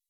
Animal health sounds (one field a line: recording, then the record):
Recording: hydrophone in a shrimp aquaculture tank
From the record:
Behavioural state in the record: weakened